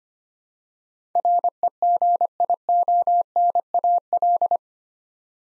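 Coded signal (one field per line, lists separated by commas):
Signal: Morse code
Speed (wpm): 25 wpm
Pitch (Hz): 700 Hz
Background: none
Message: REGIONAL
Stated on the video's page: Eight-letter words sent in Morse at 25 wpm for head-copy practice, each word sent, then spoken, then sent again.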